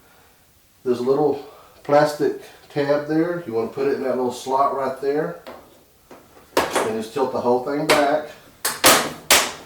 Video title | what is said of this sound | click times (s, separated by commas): How to Reassemble or Put Back Together a Kenmore 90 Dryer or Elite Dryer | and snap in place. It's real simple. | 9.3 s